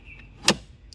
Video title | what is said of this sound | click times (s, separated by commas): Cara Mengganti Filter AC dan Cuci Blower pada Honda Civic FD | Nah, itu artinya sudah terkunci juga. | 0.5 s